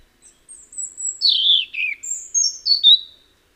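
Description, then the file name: European robin song phrase starting with a thin, drawn-out high whistle, then a rich descending warble and a series of bright, slurred high notes. "Erithacus rubecula"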